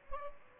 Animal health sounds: mosquito wingbeat signal from an infrared sensor; Aedes albopictus

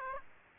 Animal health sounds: mosquito wingbeat signal from an infrared sensor; Aedes aegypti

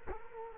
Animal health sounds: mosquito wingbeat signal from an infrared sensor; Culex quinquefasciatus

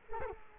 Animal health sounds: mosquito wingbeat signal from an infrared sensor; Culex quinquefasciatus

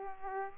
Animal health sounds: mosquito wingbeat signal from an infrared sensor; Aedes aegypti

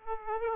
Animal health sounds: mosquito wingbeat signal from an infrared sensor; Aedes aegypti

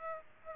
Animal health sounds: mosquito wingbeat signal from an infrared sensor; Aedes aegypti

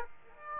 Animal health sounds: mosquito wingbeat signal from an infrared sensor; Aedes aegypti

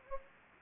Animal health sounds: mosquito wingbeat signal from an infrared sensor; Anopheles gambiae

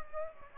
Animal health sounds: mosquito wingbeat signal from an infrared sensor; Aedes aegypti

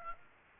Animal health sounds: mosquito wingbeat signal from an infrared sensor; Aedes aegypti

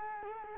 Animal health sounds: mosquito wingbeat signal from an infrared sensor; Culex quinquefasciatus

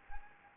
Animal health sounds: mosquito wingbeat signal from an infrared sensor; Anopheles gambiae

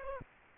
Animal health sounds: mosquito wingbeat signal from an infrared sensor; Aedes aegypti

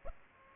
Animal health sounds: mosquito wingbeat signal from an infrared sensor; Aedes aegypti

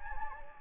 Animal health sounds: mosquito wingbeat signal from an infrared sensor; Anopheles gambiae

